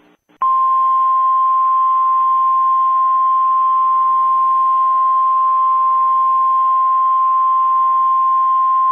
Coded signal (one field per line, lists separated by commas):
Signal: Emergency Alert System (SAME) tones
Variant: 1050 Hz attention tone